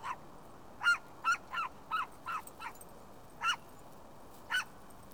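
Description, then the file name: Dog giving a quick run of several sharp barks, then two more spaced barks after a pause. "Dogs Barking"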